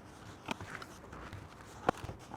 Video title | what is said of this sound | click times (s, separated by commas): 2026 Tesla Model Y Juniper HEPA + Cabin Filter Replacement Save $150 DIY - Annual Maintenance | And we can hear all those nice clicks and cracks, and | 0.5 s, 1.9 s